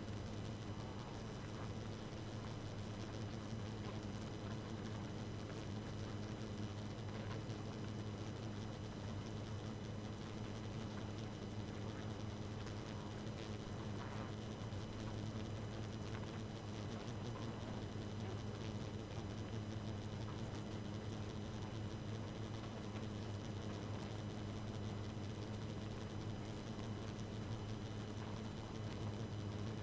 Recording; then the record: honeybee colony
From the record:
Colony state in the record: active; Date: 12 June 2018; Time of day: 2:15